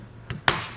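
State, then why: Seated. A notched plastic pad is pressed onto the foot of a Yakima RidgeLine roof rack for flush rails on a 2013 Volkswagen Jetta, with the notch facing away from the crossbar. A softer tap at 0.3 s is followed by a sharp, bright snap at 0.5 s that rings out briefly. The pad snaps into place on the foot.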